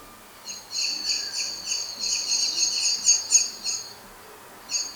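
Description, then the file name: Eurasian blackbird calling in a long run of quick, high ticking notes that swell and fade, then a short burst starts again near the end. "Turdus merula"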